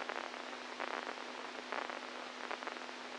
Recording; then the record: brain microelectrode recording played as sound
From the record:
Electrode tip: inside the subthalamic nucleus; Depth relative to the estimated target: -1 mm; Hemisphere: right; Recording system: NeuroSet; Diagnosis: Parkinson's disease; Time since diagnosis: 10 years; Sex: male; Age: 65 years